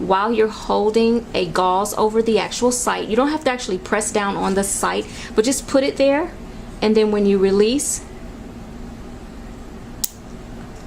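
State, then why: Released. Someone talks for about eight seconds while the button on a retractable butterfly blood-draw set is pressed with gauze held over the puncture site. After a quiet stretch, a single sharp click sounds at 10.0 s as the needle retracts out of the vein into its safety housing, confirming the needle has retracted.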